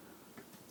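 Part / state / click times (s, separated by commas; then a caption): last snap-fit piece of a box-style drone racing frame / not seated / none. The last snap-fit piece of a TBS Source V box-style FPV drone racing frame is being pushed and forced toward place after a struggle. Only low, steady handling noise is heard, with a faint brief bump around 0.4 s. Nothing has seated or clicked yet.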